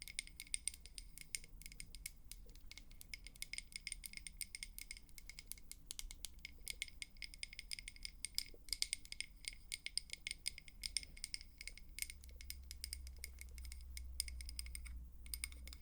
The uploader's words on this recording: Tapping For Tingles (No Talking).